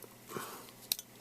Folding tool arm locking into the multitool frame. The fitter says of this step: all these tools do lock into place and they lock pretty good